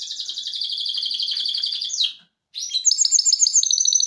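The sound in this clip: Canary song: a dense high trill, a brief drop and pause, then sharper, faster metallic rolling notes.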